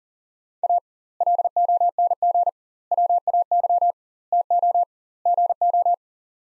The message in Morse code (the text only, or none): A LONG WAY TO GO